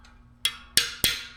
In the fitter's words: go they kind of snap into place when they're in there right